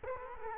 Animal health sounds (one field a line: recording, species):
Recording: mosquito wingbeat signal from an infrared sensor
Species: Culex quinquefasciatus